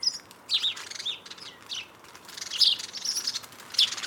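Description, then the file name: House sparrow chirps: several irregular, bright notes. "Passer domesticus"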